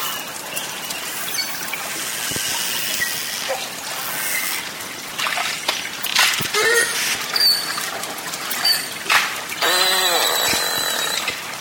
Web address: valaat beluga